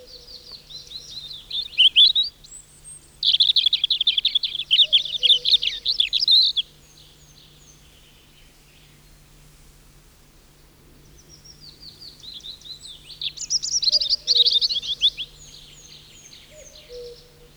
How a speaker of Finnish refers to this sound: Punarinta on toinen tavallinen kuusikoiden laulaja. Laulurastaan tapaan sekin soittaa säveliään innokkaimmin ilta- ja aamuhämärissä.